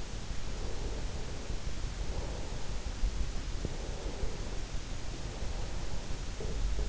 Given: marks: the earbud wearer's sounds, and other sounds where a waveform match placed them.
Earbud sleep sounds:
sounds in sleep by an in-ear microphone; breath
0.38-3.02 s: breath
3.42-6.42 s: breath
6.20-6.89 s: sound from someone else or the room

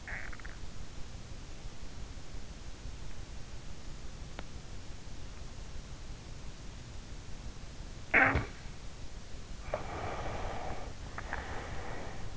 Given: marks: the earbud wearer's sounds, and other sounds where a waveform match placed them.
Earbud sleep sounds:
sounds in sleep by an in-ear microphone; snoring breath, teeth grinding, breath
0.00-0.37 s: snoring breath
4.41-4.66 s: teeth grinding
8.03-8.53 s: snoring breath
9.61-12.37 s: breath

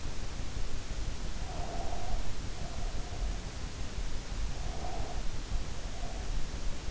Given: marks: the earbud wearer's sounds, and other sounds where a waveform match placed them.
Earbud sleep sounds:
sounds in sleep by an in-ear microphone; breath
1.33-3.51 s: breath
4.48-6.53 s: breath

